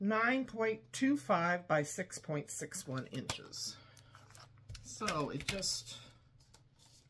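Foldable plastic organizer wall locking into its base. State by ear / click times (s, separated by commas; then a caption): seated / 6.5 s. A foldable plastic tray or organizer from a dollar store, measuring 9.25 by 6.61 inches, has its walls unfolded and pressed up until they lock into the base. Someone talks over quiet rustling and small taps, then a sharp click at 6.5 s as a wall seats in place.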